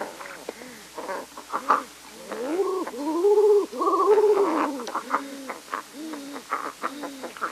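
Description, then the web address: King eider calls: a series of low crooning cooing notes that rise and fall. "King Eider. Songs of Birds of North America Stokes"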